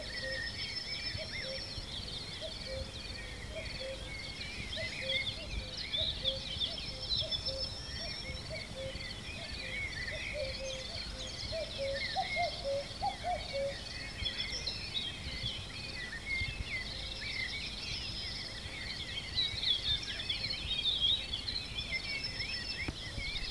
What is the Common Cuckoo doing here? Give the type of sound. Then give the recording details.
song. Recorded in the wild. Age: adult. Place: Treffen am Ossiacher See, Kärnten, AT. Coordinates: 46.669, 13.941. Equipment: Hornyphon Bandgerät, Phillips Mikrofon Type EL 6020, Kopie DAT. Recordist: Brunner, Thomas. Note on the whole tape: Mai und Juni. Hansbauerhalt: Gesang des Kuckucks